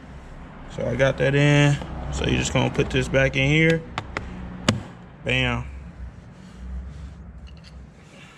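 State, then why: Seated. A puddle light assembly on a 2019 Dodge Challenger Scatpack is pushed back into its slot in the plastic door trim while someone talks. Two sharp clicks at 4.2 s and 4.7 s show the light unit has seated in the trim.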